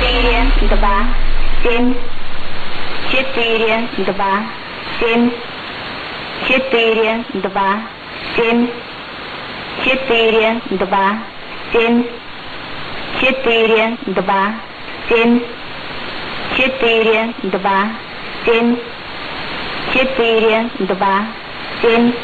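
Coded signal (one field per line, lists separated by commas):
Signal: numbers station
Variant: S06s, Russian female voice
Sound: woman's voice reading short words in steady, evenly spaced rhythm over background hiss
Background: radio static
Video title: 10 07 2018 S06s Russian Lady numbers station in Russian to Eu 0740 on 11655 unknown tx site USB+AM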